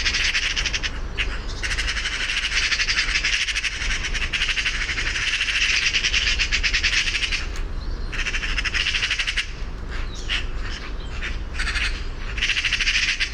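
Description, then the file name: Eurasian magpie rattling almost continuously, fast harsh clacking pulses in long runs broken by brief pauses, over faint low background hum. "Pica pica"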